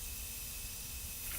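A bicycle tubeless tire, set up using Gorilla Tape, is inflated with a compressor, producing a steady airy hiss that grows slightly louder toward the end. Nothing has seated yet: the tire bead has not snapped onto the rim.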